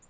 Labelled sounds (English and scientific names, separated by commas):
Nashville Warbler (Leiothlypis ruficapilla) flight call